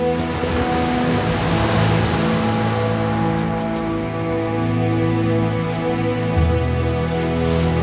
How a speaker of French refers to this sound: Poussée par le vent, l'arche flotte au gré des vagues.